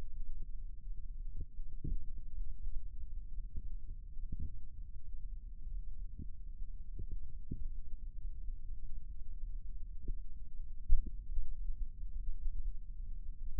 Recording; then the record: forearm muscle sounds (acoustic myography)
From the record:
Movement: rest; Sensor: system 1, eight BSWA MPA416 microphones around the upper forearm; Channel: 6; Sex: male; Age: 21 years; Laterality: right